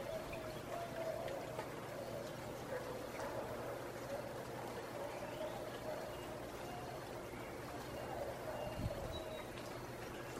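Early morning on a balcony above the Placencia Sidewalk in Belize: a steady murmur with faint voices, a low hum, and scattered light clatter.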